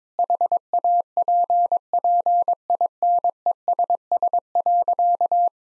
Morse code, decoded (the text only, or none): HAPPINESS.